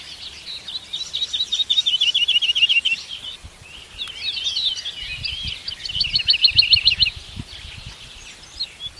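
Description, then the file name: Lark pouring out a high, rapid, trilling song in fast repeated notes, with some low rustling in the background. "Bird Lark Sound"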